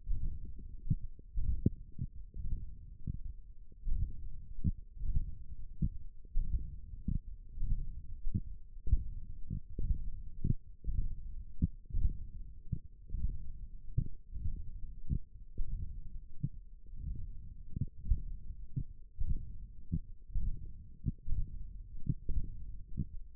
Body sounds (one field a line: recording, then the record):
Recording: forearm muscle sounds (acoustic myography)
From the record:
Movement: hook grip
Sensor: system 1, eight BSWA MPA416 microphones around the upper forearm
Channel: 2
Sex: male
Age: 21 years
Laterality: right